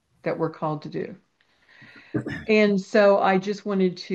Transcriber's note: coughs